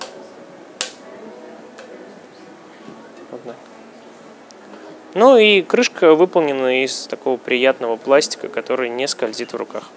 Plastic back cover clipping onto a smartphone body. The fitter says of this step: Должна щелкнуть в нескольких местах.